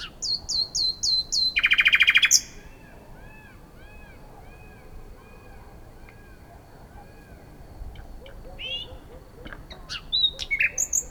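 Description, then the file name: Common nightingale song: a rapid series of repeated looping notes, a loud dry buzzy rattle, then soft arched whistles and scattered sharp chips later on. "Luscinia megarhynchos"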